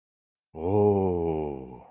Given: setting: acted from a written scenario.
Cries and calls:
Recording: vocal sound without words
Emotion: awe

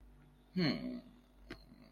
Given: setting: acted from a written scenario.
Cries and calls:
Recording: vocal sound without words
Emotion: sadness

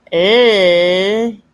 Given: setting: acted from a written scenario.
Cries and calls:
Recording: vocal sound without words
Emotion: shame

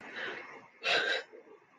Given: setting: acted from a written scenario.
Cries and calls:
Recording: vocal sound without words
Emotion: sadness

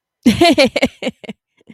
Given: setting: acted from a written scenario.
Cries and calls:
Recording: vocal sound without words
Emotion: amusement

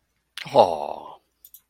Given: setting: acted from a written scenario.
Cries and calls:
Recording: vocal sound without words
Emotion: adoration

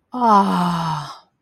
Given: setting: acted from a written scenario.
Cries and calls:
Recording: vocal sound without words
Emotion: awe

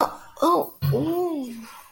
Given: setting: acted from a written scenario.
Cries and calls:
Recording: vocal sound without words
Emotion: pain

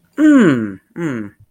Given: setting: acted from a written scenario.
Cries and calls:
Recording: vocal sound without words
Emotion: realization

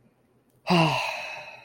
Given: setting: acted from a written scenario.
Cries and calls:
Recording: vocal sound without words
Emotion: ecstasy

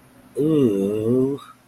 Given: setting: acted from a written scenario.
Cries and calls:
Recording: vocal sound without words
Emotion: shame

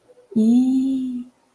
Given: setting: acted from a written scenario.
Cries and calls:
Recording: vocal sound without words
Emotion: embarrassment

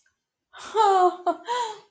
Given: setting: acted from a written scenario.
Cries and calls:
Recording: vocal sound without words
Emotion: elation

